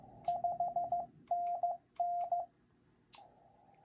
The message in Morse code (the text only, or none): 5NN